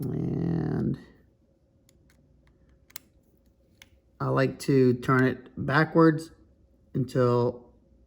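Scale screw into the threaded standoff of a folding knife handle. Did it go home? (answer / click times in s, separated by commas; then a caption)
no / none. Someone talks while fitting a small scale screw for Cerberus Knives scales into the threaded standoff of a Spyderco Para 3 folding knife handle, turning it backwards (counter-clockwise) so it finds the thread start and won't cross-thread. Only a few faint, brief ticks are heard between about 1.9 and 3.8 seconds amid quiet handling. The screw has not yet clicked into the thread start or seated.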